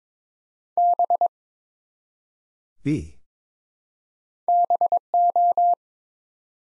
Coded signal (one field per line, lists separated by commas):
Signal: Morse code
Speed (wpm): 22 wpm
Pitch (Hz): 700 Hz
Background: none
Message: B BO